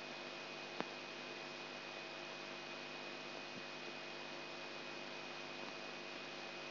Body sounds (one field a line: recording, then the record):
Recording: brain microelectrode recording played as sound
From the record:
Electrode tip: outside the subthalamic nucleus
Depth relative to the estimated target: -8 mm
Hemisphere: left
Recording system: AlphaMap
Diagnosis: Parkinson's disease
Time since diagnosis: 8 years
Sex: male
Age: 59 years